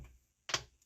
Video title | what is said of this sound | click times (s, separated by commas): BLACK+DECKER 2.0 Cu. Ft. Small Portable Washer - Review 2023 | You'll hear it click. You hear that click? | 0.5 s